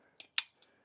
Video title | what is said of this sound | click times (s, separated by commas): EZ UP Commercial Canopy: Unboxing & Setup in Minutes! | bring it up two clicks we'll go two clicks right here and the great thing about it | 0.4 s